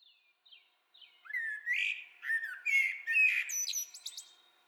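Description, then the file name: Common blackbird singing: a few soft high notes lead into a mellow, fluty warble of low whistled phrases, finishing in a squeaky high twitter. "Turdus merula"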